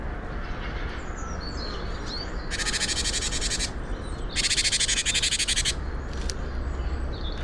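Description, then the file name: Great tit calling with two long, buzzy rattles of fast, even pulses, each a little over a second, over faint thin bird notes in the background. "Parus major"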